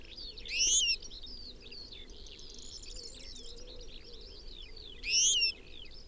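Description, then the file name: European goldfinch calls ring out twice, about four and a half seconds apart, each a brief bright burst of stacked rising tones above steady background twittering. "Carduelis carduelis"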